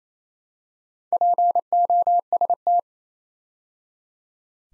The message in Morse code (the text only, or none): POST